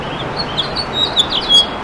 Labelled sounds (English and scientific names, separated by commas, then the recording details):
House Finch (Haemorhous mexicanus) song
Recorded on Long Island, New York, on 26 June 2012
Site BW
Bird A